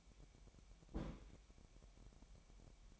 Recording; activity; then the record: daily activity, microphone in the room; place on stove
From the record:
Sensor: 1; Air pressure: 1012.0 hPa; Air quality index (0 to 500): 228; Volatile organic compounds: 5 ppm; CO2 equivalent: 1822 ppm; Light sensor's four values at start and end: 63/149/64/67 and 63/149/64/67